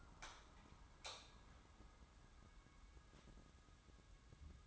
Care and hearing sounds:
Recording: daily activity, microphone in the room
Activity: light on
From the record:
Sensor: 3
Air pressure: 994.3 hPa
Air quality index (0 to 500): 212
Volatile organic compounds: 1000 ppm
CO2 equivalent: 7077 ppm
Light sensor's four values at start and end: 200/481/203/202 and 205/496/209/208

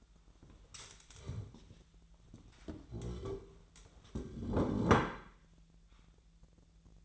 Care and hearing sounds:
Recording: daily activity, microphone in the room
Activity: stand up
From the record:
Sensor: 3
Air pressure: 1001.6 hPa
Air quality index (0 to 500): 249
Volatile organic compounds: 146 ppm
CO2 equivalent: 4006 ppm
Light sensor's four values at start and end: 8/17/7/7 and 11/25/10/10

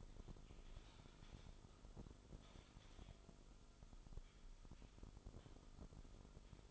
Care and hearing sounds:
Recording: daily activity, microphone in the room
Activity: typing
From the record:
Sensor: 5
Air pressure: 988.8 hPa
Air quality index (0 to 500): 235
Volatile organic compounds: 193 ppm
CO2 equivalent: 4189 ppm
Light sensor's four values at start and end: 39/124/48/51 and 39/124/48/51

